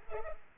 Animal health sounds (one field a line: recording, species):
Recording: mosquito wingbeat signal from an infrared sensor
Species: Culex pipiens